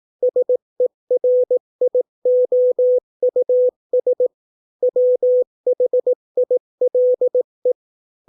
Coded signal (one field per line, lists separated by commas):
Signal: Morse code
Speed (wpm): 18 wpm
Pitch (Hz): 500 Hz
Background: none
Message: SERIOUS WHILE